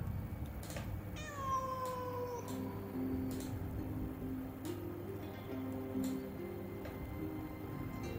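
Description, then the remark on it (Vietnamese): A wild cat lets out one long, wavering yowl that slides downward in pitch at the third watch of the night, over a steady low hum and soft, evenly spaced ticking clicks. “canh ba tới, mèo hoang gọi, tân nương tử lên kiệu hoa.”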